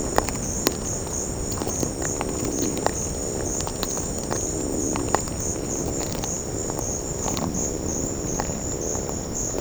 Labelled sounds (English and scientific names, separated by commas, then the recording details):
none
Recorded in secondary vegetation near Puerto Asís, Putumayo, Colombia, on 8 March 2025 at 14:30
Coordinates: 0.481, -76.318
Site G097